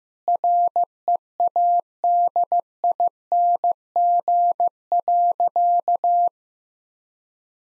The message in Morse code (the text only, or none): READING.